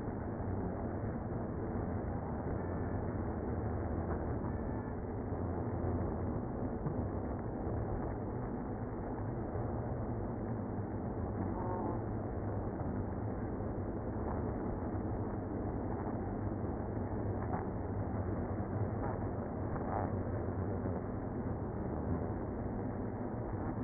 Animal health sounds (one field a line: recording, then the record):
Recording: honeybee colony, microphone inside the hive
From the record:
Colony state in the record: queenless (queen removed)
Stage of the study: after two queens were removed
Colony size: about 60,000 bees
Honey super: yes